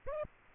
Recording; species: mosquito wingbeat signal from an infrared sensor; Culex pipiens